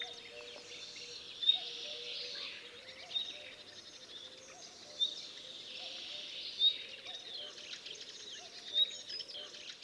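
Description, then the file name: Common nightingale calls: short, sharp high whistles repeated roughly every one and a half to two seconds over a steady hiss and a low droning hum. "Luscinia megarhynchos"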